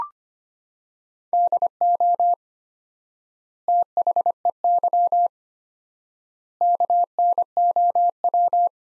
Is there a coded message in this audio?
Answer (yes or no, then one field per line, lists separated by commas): yes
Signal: Morse code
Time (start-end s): 1.3-8.7 s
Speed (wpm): 25 wpm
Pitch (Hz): 700 Hz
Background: none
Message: DO THEY KNOW